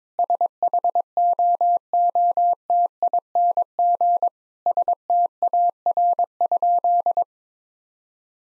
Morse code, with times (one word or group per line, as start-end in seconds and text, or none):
0.2-4.3 SHOOTING
4.7-7.2 STAR?